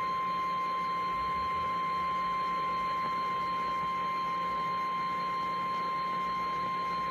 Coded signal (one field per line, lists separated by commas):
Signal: Emergency Alert System (SAME) tones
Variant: 853 and 960 Hz attention tone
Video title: EAS 578 Severe Thunderstorm Warning